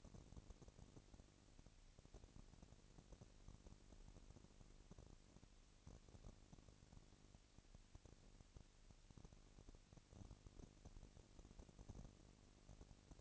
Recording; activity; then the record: daily activity, microphone in the room; no activity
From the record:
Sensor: 4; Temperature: 22.3 degrees Celsius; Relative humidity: 31.9%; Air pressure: 997.8 hPa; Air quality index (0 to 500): 203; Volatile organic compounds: 17 ppm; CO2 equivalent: 2568 ppm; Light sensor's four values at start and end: 2/3/1/1 and 2/3/1/1